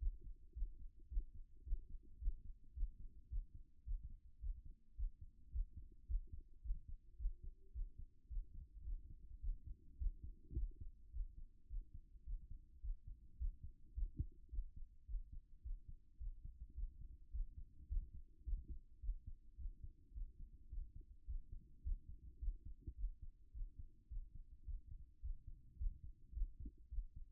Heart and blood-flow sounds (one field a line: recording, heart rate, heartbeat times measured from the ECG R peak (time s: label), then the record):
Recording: heart sounds by stethoscope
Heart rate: 107 bpm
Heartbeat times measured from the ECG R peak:
0.54 s: heartbeat
1.09 s: heartbeat
1.64 s: heartbeat
2.19 s: heartbeat
2.74 s: heartbeat
3.29 s: heartbeat
3.84 s: heartbeat
4.40 s: heartbeat
4.96 s: heartbeat
5.52 s: heartbeat
6.07 s: heartbeat
6.62 s: heartbeat
7.17 s: heartbeat
7.72 s: heartbeat
8.28 s: heartbeat
8.84 s: heartbeat
9.41 s: heartbeat
9.98 s: heartbeat
10.54 s: heartbeat
11.11 s: heartbeat
11.68 s: heartbeat
12.24 s: heartbeat
12.81 s: heartbeat
13.38 s: heartbeat
13.94 s: heartbeat
14.50 s: heartbeat
15.06 s: heartbeat
15.62 s: heartbeat
16.18 s: heartbeat
16.74 s: heartbeat
17.31 s: heartbeat
17.88 s: heartbeat
18.44 s: heartbeat
19.00 s: heartbeat
19.56 s: heartbeat
20.13 s: heartbeat
20.69 s: heartbeat
21.26 s: heartbeat
21.82 s: heartbeat
22.39 s: heartbeat
22.95 s: heartbeat
23.52 s: heartbeat
24.08 s: heartbeat
24.64 s: heartbeat
25.21 s: heartbeat
25.77 s: heartbeat
26.33 s: heartbeat
26.89 s: heartbeat
From the record:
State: after exercise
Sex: male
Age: 37 years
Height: 170 cm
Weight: 86 kg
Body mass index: 29.76